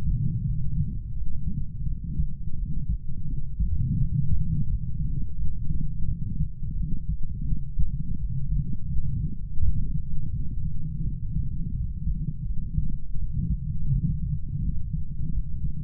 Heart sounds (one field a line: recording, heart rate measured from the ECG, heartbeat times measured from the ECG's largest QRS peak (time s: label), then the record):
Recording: heart sounds by stethoscope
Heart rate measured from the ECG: 85 bpm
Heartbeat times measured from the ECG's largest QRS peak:
0.44 s: heartbeat
1.14 s: heartbeat
1.85 s: heartbeat
2.55 s: heartbeat
3.26 s: heartbeat
3.98 s: heartbeat
4.67 s: heartbeat
5.37 s: heartbeat
6.05 s: heartbeat
6.75 s: heartbeat
7.45 s: heartbeat
8.18 s: heartbeat
8.90 s: heartbeat
9.61 s: heartbeat
10.32 s: heartbeat
11.02 s: heartbeat
11.72 s: heartbeat
12.44 s: heartbeat
13.16 s: heartbeat
13.90 s: heartbeat
14.61 s: heartbeat
15.31 s: heartbeat
From the record:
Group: healthy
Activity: light exercise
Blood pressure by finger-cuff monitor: 98/45 mmHg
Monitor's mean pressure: 58 mmHg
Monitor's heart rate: 85 bpm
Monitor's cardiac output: 7.8 L/min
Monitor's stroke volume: 92 mL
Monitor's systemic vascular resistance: 520 dyn s/cm5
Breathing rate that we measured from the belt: 13 breaths a minute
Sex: male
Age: 25 years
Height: 170 cm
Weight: 70.4 kg